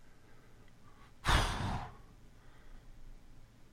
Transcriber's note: exhales